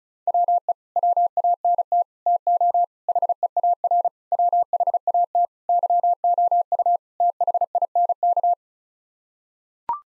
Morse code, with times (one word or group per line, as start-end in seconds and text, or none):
0.3-0.7 WE
1.0-2.0 WANT
2.3-2.8 TO
3.1-4.1 HEAR
4.3-5.5 WHAT
5.7-7.0 YOU
7.2-8.5 THINK